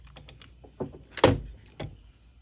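A part of the door lock cylinder, either its clip or its linkage rod, is pushed back into place while the lock cylinder is being reinstalled in the door of a 1995–1998 C1500 pickup truck. Faint light ticks and a dull knock at 0.8 s lead to two sharp snaps in quick succession at 1.2 s and 1.2 s, followed by another knock near 1.8 s. The part snaps back in and is seated.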